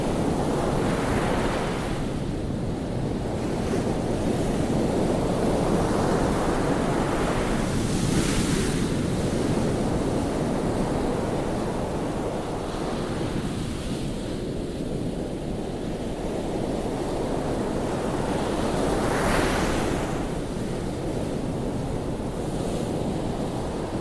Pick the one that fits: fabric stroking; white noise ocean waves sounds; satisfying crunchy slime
white noise ocean waves sounds